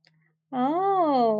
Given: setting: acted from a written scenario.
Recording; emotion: vocal sound without words; realization